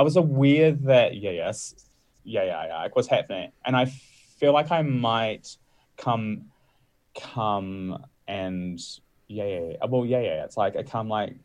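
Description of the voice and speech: An adult man who describes himself as a stutterer speaks in broken bursts with quick repeated syllables ('yeah-yeah-yeah'), a stretched, restarted 'c-come', and several silent pauses mid-phrase. These part-word repetitions, prolongations and blocks are typical of stuttering in otherwise clear, steady voicing.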